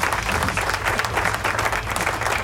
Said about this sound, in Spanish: Aplauso.